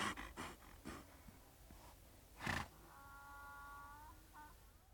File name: Aasi Huutaa Donkey Roaring Yelling